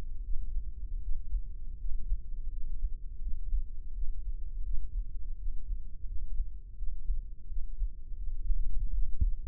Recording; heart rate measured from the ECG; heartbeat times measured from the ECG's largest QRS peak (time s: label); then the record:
heart sounds by microphone in the left ear; 83 bpm
0.27 s: heartbeat
1.05 s: heartbeat
1.83 s: heartbeat
2.55 s: heartbeat
3.24 s: heartbeat
3.98 s: heartbeat
4.68 s: heartbeat
5.42 s: heartbeat
6.11 s: heartbeat
6.81 s: heartbeat
7.52 s: heartbeat
8.21 s: heartbeat
8.96 s: heartbeat
From the record:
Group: healthy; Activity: rest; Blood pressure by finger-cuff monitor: 149/80 mmHg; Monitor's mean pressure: 99 mmHg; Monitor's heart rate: 82 bpm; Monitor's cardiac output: 7.3 L/min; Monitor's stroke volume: 89 mL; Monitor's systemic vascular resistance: 1000 dyn s/cm5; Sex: male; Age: 21 years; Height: 175 cm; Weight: 72.6 kg